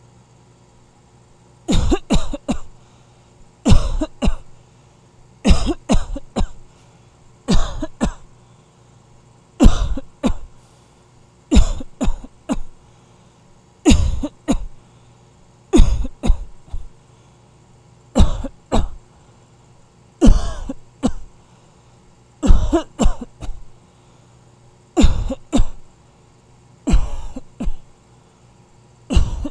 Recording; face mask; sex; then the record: voluntary coughing; none; male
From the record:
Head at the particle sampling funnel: facing it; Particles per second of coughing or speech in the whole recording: 0.759